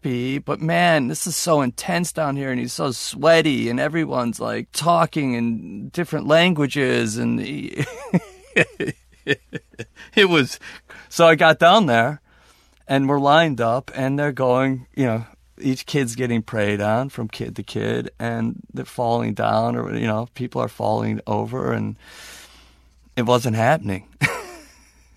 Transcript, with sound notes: But, man, this is so intense down here. And he's so sweaty, and everyone's, like, talking in different languages. And (laughter) it was - so I got down there, and we're lined up. And they're going - you know, each kid's getting prayed on from kid to kid. And they're falling down, or, you know, people are falling over. And it wasn't happening.